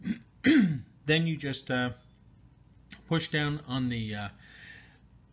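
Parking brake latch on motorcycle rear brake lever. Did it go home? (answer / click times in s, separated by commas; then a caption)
released / 2.9 s. Someone talks while pressing down on the rear brake lever of a 1978 Honda CB750 Hondamatic motorcycle with the parking brake set. The metal parking-brake latch clicks free at 2.9 s, releasing the parking brake.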